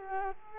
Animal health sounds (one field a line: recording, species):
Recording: mosquito wingbeat signal from an infrared sensor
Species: Culex quinquefasciatus